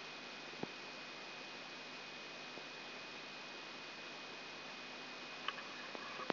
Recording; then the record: brain microelectrode recording played as sound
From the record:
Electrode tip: outside the subthalamic nucleus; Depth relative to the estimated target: -6 mm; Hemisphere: right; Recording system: AlphaMap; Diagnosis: Parkinson's disease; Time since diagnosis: 9 years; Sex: male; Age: 68 years